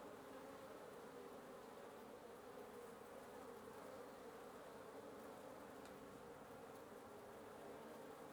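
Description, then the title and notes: Wasp colony buzz, an even, thick droning hum of many insects holding steady for the whole stretch. Wasp nest under the roof of the recordist's residence at 1a Avenida Norte 19, Antigua Guatemala, Guatemala; recorded in the morning. "1a Avenida Nte 19, Antigua Guatemala, Guatemala - Un nid de guêpes. Un nid de guêpes sous le toit de ma résidence. Prise de sons (matinale) : JF CAVRO"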